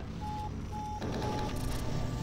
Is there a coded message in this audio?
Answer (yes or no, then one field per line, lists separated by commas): no